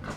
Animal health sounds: pig call; growing-finishing pig (85 days or more)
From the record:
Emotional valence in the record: positive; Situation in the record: run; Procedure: transit

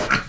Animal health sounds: pig call; piglet (1 to 25 days)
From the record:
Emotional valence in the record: positive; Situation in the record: reunion after long isolation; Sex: male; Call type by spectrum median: low-frequency call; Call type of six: low-frequency tonal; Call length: 0.29 s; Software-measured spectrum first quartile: 808 Hz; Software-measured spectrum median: 1428 Hz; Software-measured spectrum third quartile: 2212 Hz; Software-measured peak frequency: 1423 Hz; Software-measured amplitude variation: 156 dB a second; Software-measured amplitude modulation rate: 8.6 a second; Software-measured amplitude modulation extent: 18.2 dB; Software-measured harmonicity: 2.6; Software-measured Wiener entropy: -1.08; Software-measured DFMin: 827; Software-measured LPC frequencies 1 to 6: 585, 1428, 2180, 4223, 5229, 6021 Hz

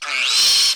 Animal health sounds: pig call; piglet (1 to 25 days)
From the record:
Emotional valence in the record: negative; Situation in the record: restrain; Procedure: in the arms of a person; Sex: male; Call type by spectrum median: high-frequency call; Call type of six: mixed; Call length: 0.75 s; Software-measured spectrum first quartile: 3525 Hz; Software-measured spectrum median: 4472 Hz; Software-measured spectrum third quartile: 5769 Hz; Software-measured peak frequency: 4112 Hz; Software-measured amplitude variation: 51 dB a second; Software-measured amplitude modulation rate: 20.6 a second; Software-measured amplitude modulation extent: 2.5 dB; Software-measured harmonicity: 2.1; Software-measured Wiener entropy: -1.89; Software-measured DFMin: 822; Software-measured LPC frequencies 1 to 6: 1284, 2402, 3042, 4211, 5397, 7277 Hz

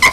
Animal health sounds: pig call; piglet (1 to 25 days)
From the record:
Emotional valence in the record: positive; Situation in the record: after nursing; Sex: male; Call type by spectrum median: low-frequency call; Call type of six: high-frequency stable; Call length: 0.13 s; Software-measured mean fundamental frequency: 260 Hz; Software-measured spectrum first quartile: 1677 Hz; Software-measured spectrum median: 2175 Hz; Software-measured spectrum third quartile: 4061 Hz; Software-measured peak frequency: 2039 Hz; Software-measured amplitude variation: 131 dB a second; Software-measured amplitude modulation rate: 3.9 a second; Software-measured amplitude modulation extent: 33.2 dB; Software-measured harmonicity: 7.4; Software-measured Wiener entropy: -2.21

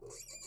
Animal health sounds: pig call; weaner (32 to 43 days)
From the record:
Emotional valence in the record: negative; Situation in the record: restrain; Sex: male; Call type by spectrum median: high-frequency call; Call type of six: high-frequency stable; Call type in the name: high-frequency stable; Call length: 0.47 s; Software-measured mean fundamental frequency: 256 Hz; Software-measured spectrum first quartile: 1156 Hz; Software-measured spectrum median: 4745 Hz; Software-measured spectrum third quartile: 7235 Hz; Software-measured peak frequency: 7206 Hz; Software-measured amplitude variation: 126 dB a second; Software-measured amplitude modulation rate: 18.0 a second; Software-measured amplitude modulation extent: 7.0 dB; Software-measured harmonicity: 7.5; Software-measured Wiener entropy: -3.61

